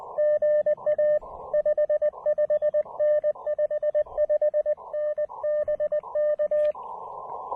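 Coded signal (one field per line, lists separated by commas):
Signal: Morse code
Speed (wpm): 19 wpm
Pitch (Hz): 590 Hz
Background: none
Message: GA 55N 55N BK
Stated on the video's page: Super low power POTA CW activation under rough propagation, keyed with a new Begali Adventure paddle.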